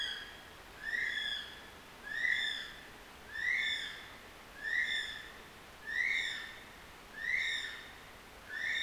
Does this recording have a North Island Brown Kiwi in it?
yes